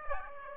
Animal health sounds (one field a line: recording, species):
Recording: mosquito wingbeat signal from an infrared sensor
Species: Aedes aegypti